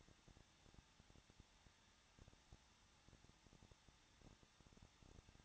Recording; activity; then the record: daily activity, microphone in the room; no activity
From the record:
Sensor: 3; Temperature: 21.2 degrees Celsius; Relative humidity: 36.3%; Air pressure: 1006.3 hPa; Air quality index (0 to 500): 222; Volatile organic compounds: 41 ppm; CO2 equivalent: 3169 ppm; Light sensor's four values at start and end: 2/3/2/2 and 2/3/2/2